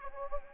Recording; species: mosquito wingbeat signal from an infrared sensor; Anopheles gambiae